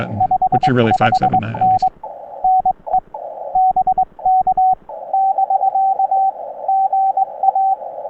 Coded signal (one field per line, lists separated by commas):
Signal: Morse code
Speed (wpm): 22 wpm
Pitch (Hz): 750 Hz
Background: speech, radio noise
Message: 55N NE BK <BK>GA